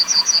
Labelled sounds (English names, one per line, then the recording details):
Yellowhammer song
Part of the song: start
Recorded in the Czech Republic on 28 June 2014
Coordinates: 49.822, 13.880
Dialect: XlB
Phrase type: D25
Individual h003